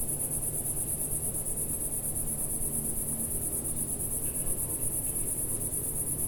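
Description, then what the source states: Cicada song, a continuous high, rapidly pulsing buzz, with faint low rumble below. Single cicada singing in early evening warmth in a village garden with lavender and myrtle bushes, Picardy, northern France.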